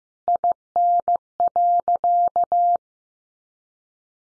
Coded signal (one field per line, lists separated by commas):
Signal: Morse code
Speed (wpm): 15 wpm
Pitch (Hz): 700 Hz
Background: none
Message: IN.